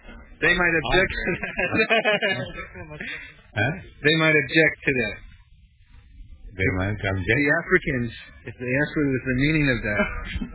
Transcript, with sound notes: They might object to that. [laughing] They might object to that.
They might object?
The Africans, if they ask what is the meaning of that,